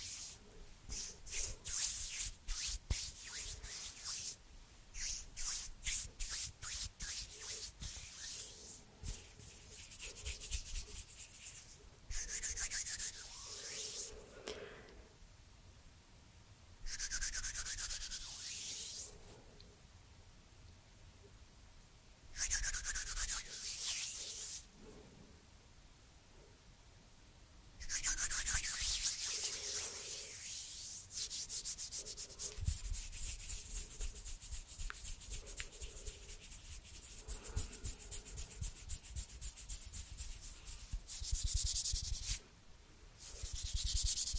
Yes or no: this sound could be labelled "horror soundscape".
no